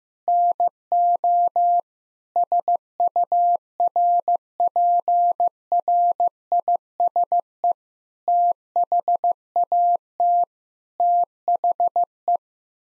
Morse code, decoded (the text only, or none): NO SURPRISE THAT THE